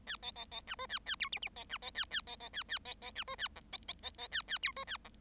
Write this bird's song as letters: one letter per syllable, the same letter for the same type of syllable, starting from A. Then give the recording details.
A B B B C D A A E F F B C B A A B B A A B B C D A G B B B B A A E D A G. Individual Bird7